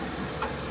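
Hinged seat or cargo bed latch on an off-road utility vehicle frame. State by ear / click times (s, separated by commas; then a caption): seated / 0.4 s. A hinged seat or cargo bed on an off-road utility vehicle frame is lowered back down after being lifted to check underneath, over a steady low rumbling background. Its metal latch snaps shut with a short, sharp click at 0.4 s, and the seat or bed is seated closed.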